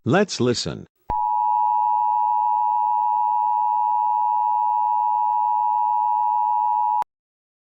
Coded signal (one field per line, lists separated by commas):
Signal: Emergency Alert System (SAME) tones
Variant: 853 and 960 Hz attention tone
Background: speech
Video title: EAS Scenario #1: The Return of the Phoenix Lights